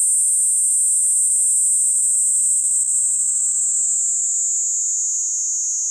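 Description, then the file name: Kuroiwa's cicada song: a steady, high, continuous shrill buzz that sags gently in pitch throughout. Recorded 19 April 2018. "180419 kuroiwaniinii"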